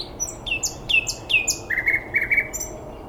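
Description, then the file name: Bird song: a series of clear, high whistled notes stepping down in pitch, followed by a lower, steady run of quick chirps. Recorded 9 May 2014 at 06:39. "birds 140509 0639"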